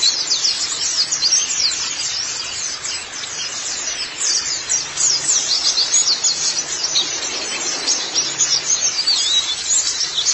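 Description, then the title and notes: White-eye twitter, very rapid high chirps several per second forming a dense, buzzing-like chatter that never stops. "Kicauan Burung Pleci Durasi Panjang. Suara kicauan burung pleci"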